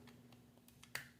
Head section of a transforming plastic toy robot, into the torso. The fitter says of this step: lock into place